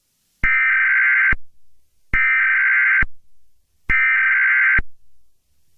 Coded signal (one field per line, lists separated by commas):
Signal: Emergency Alert System (SAME) tones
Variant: header bursts